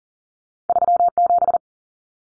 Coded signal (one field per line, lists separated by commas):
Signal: Morse code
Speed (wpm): 40 wpm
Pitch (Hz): 700 Hz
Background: none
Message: 37